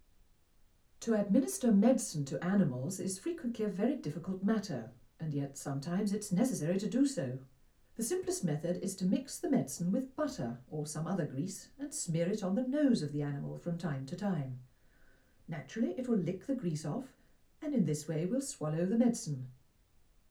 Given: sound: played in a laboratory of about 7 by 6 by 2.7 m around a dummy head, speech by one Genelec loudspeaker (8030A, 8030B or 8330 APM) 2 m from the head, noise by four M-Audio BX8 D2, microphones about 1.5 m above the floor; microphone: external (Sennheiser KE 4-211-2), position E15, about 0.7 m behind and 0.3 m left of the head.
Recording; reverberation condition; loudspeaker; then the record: female speech in English; low; in front (0 degrees)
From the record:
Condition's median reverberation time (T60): about 310 ms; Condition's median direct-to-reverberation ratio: about 3.5 dB